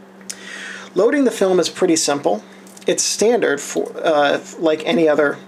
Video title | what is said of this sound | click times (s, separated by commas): Introduction to the Canon F-1, Video 2 of 2 | this is a breach in the breech locks into place hence reach lock system loading | 0.3 s